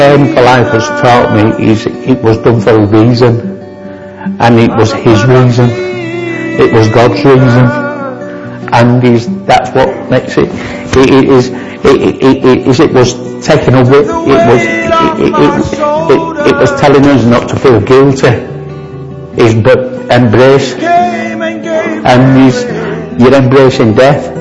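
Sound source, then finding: Adult male speaker. Stuttering.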